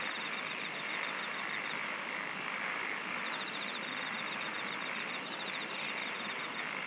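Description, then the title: Insect chorus with a steady shrill drone, joined by rapid pulsed trills, one very high and another lower, starting and stopping in turns. "SINGING OF INSECTS"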